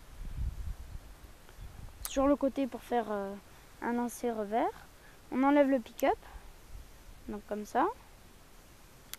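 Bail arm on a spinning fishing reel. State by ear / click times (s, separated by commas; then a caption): seated / 9.1 s. Someone talks while preparing for a backhand cast, then flips open the metal bail arm (pick-up) on a spinning fishing reel. A sharp click at 9.1 s is the bail snapping into its open detent, where it stays locked open.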